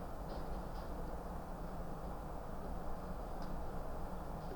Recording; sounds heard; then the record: poultry house recording; no chicken sound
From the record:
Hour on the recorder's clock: 22